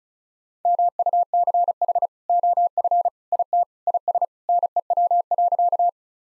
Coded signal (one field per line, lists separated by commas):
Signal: Morse code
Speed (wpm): 36 wpm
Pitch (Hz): 700 Hz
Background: none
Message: MUCH OF IT IS NEW.